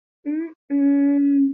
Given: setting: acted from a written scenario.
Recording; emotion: vocal sound without words; shame